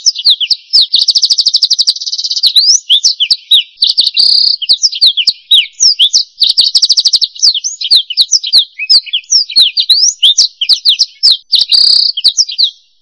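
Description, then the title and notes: Bird song: a sustained buzzy trill at the start, then quick varied high chirps, slurred whistles and twittering phrases running almost without pause. Bird songs from Indonesia. "Kicau Burung Indonesia"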